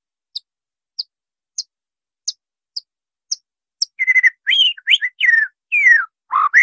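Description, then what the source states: White-rumped shama: several sharp high notes, evenly spaced, then a burst of loud whistled slurs and warbles. Murai batu masteran, a training recording for caged birds; 'Labaik' named.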